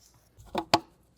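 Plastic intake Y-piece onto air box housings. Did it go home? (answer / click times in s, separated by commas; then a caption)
yes / 0.6 s, 0.7 s. A plastic intake Y plenum piece is pressed evenly onto the air box housings of a Mercedes E63 AMG (2003-2011 W211 E55, W221 S63, C219 CLS63) so that both locking tabs snap on. Two sharp clicks sound at 0.6 s and a louder one at 0.7 s, and the piece is seated securely.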